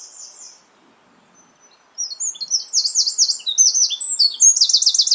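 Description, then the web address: Bird song: a faint thin note, a pause, then an energetic burst of high, looping chirps and trills. "cianscape birddata Deverinetal 2025"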